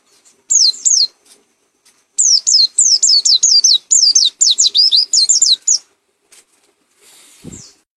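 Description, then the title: White-eye song: a short burst of high slurred whistles, a pause, then a longer rapid run of downward whistled notes, followed by a brief low thump. Endemic to East Java, recorded in Malang; referred to by its local name pleci, with a singing style called macok. "Burung Pleci Macok Endemik Jatim Malang"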